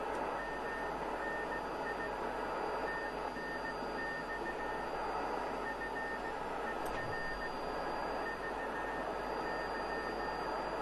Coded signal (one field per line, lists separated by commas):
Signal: Morse code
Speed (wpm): 16 wpm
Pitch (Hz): 1800 Hz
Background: none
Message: MNI TNX FER VY